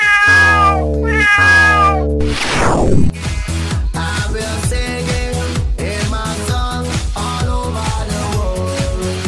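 Two drawn-out cat meows sound in quick succession, followed by a falling swoop and then a steady, rhythmic run of tonal notes to the end.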